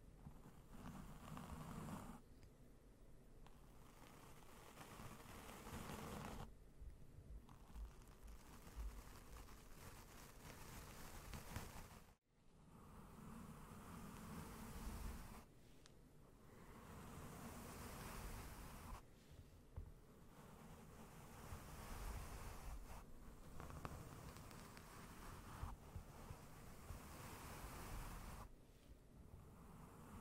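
Slow, gentle brushing across a microphone, heard as a soft, full rushing that swells and fades in long strokes every few seconds. The texture stays dense and airy throughout, with a brief near-silent break around twelve seconds before the strokes resume.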